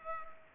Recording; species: mosquito wingbeat signal from an infrared sensor; Culex pipiens